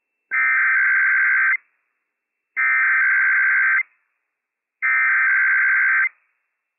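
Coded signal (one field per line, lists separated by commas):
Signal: Emergency Alert System (SAME) tones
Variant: header bursts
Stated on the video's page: Real Required Weekly Test received from NOAA weather radio station WWF56, issued by civil authorities for California, Nevada, Oregon and Washington.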